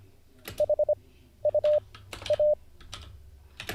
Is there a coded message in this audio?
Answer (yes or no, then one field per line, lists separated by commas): yes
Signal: Morse code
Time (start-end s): 0.6-2.5 s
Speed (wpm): 25 wpm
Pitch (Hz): 600 Hz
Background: none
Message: HUA